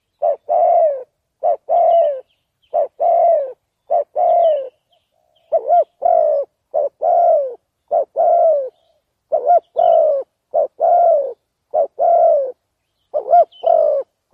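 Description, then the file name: Spotted dove cooing: a short note followed by a longer, slightly falling coo, repeated in phrases throughout with brief pauses; nothing else heard. "tieng cu dat gay"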